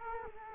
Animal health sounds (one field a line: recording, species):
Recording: mosquito wingbeat signal from an infrared sensor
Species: Culex quinquefasciatus